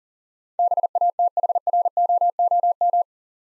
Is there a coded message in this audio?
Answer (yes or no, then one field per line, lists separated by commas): yes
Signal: Morse code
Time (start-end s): 0.6-3.0 s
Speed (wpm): 42 wpm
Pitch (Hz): 700 Hz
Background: none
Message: BATHROOM